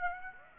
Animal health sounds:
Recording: mosquito wingbeat signal from an infrared sensor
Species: Aedes aegypti

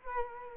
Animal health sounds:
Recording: mosquito wingbeat signal from an infrared sensor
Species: Culex quinquefasciatus

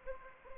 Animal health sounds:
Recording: mosquito wingbeat signal from an infrared sensor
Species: Anopheles arabiensis

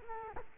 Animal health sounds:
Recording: mosquito wingbeat signal from an infrared sensor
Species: Culex quinquefasciatus

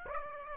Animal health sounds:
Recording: mosquito wingbeat signal from an infrared sensor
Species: Aedes aegypti

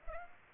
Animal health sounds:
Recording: mosquito wingbeat signal from an infrared sensor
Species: Aedes aegypti

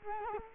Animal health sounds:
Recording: mosquito wingbeat signal from an infrared sensor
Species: Culex quinquefasciatus

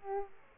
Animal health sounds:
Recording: mosquito wingbeat signal from an infrared sensor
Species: Aedes aegypti

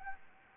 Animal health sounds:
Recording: mosquito wingbeat signal from an infrared sensor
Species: Anopheles gambiae

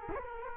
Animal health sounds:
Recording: mosquito wingbeat signal from an infrared sensor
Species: Culex quinquefasciatus

